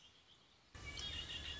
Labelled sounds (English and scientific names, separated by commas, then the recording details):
Red-winged Blackbird (Agelaius phoeniceus)
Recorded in Sonoma County, California